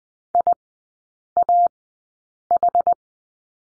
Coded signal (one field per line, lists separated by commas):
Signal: Morse code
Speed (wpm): 20 wpm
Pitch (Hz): 700 Hz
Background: none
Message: IAH